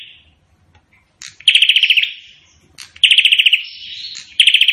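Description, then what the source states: Prinia giving quick, rattling bursts of high, sharp notes, two full trills and the start of a third, with softer notes between. Indonesian prenjak singing in full voice ('gacor'), in the song style called 'Suara Tembakan Ak-47' (AK-47 gunfire sound).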